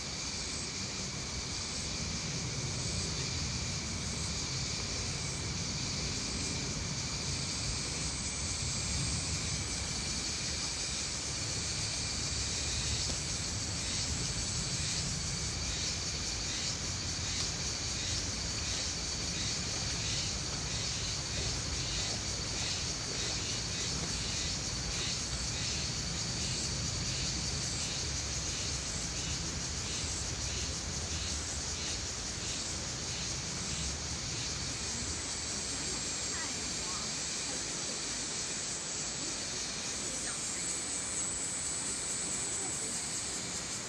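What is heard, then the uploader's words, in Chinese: Riverside ambience in a valley: a steady, dense rush with a bright insect-like hiss on top and a low, wavering rumble beneath throughout. 紅河谷畔環境音。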